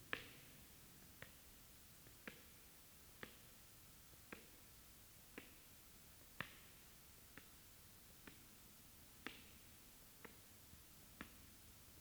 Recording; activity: daily activity, guitar pickup as the sensor; walk